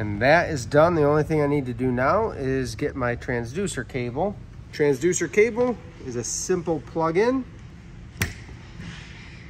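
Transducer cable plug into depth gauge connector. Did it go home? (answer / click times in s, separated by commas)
yes / 8.2 s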